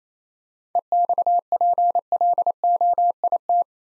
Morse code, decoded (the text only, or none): EXPLOIT